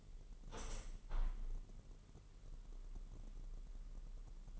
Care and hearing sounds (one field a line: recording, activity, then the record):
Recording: daily activity, microphone in the room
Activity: open window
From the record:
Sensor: 4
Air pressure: 999.3 hPa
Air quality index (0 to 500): 110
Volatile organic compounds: 2 ppm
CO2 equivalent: 1088 ppm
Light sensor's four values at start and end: 14/33/14/15 and 14/33/14/15